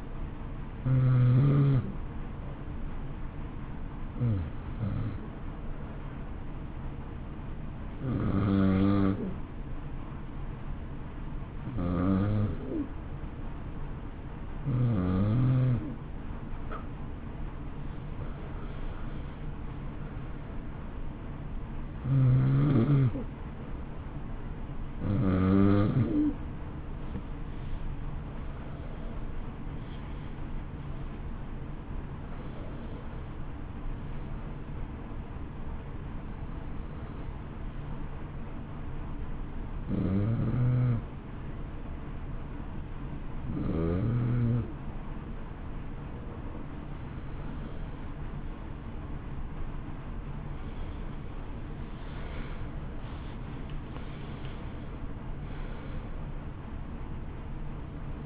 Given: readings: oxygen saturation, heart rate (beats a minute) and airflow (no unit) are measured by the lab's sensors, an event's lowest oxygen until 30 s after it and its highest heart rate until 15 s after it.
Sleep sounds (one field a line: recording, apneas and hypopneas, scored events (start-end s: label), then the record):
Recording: breathing in sleep by a smartphone at the bedside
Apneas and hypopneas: 1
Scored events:
12.00-42.00 s: new sleep stage, N2 (light sleep)
36.00-50.90 s: hypopnea (N2, oxygen 93% highest, then 91% lowest, heart rate 60 at the start, 67 highest)
42.00-58.26 s: new sleep stage, N1 (lightest sleep)
From the record:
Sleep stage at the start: N1 (lightest sleep)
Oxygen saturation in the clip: 88 to 93%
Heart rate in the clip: 55 to 67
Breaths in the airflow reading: 16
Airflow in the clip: -13.5 to 12.8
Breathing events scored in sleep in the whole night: 328 in 6.3 hours asleep